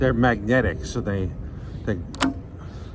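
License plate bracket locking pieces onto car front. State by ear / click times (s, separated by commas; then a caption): seated / 2.2 s. Someone talks while the magnetic oblong locking pieces of a front license plate bracket are brought to the front of a Tesla Model Y. At 2.2 s they snap into place with a sharp click, seating the mount.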